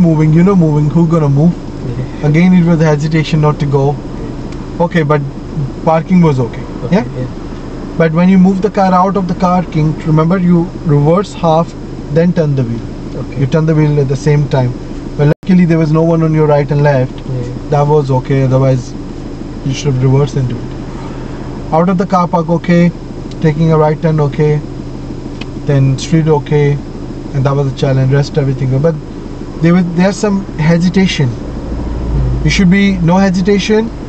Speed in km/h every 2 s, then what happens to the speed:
0, 0, 0, 0, 0, 0, 0, 0, 0, 0, 0, 0, 0, 0, 0, 0, 0.
0-34 standing.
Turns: none.